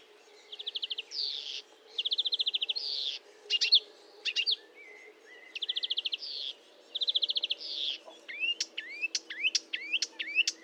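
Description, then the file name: Marsh warbler song: repeated phrases of rapid buzzy trills with short varied notes between, then a run of sharp rising notes. Recorded at Fontaine-Française (Fourneau), 1 June 2022 at 10:55, with a Nagra recorder and Telinga microphone. "Rousserolle verderolle 20220601 1055 Fontaine-Francaise-Fourneau-Nagra-Telinga"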